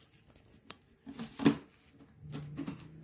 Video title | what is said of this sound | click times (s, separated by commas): Unboxing to Assembly of a Plastic Traffic Safety Barrier | kti naman aun tumunog | 1.5 s